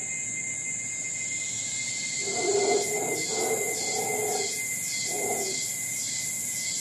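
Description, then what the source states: Howler monkey giving a few short, gruff roaring bursts in the middle, then a final brief one, over an unbroken high-pitched insect hum. Costa Rica; insects also recorded.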